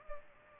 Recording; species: mosquito wingbeat signal from an infrared sensor; Culex pipiens